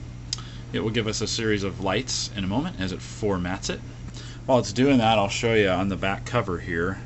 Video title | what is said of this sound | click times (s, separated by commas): What Happens When A Drobo Drive Fails? | and we'll go ahead and insert that back in you see how easy that just snaps into place | 0.3 s